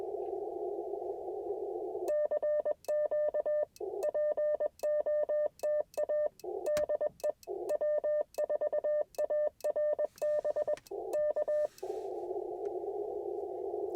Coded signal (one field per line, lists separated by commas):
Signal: Morse code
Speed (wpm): 21 wpm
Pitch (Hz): 600 Hz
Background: radio noise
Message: CQ POTA DE W4ARB K